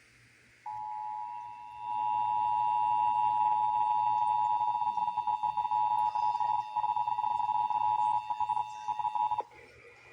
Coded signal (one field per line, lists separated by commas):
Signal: Emergency Alert System (SAME) tones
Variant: 853 and 960 Hz attention tone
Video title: (EAS #904-911) July 2025 Texas Required Monthly Test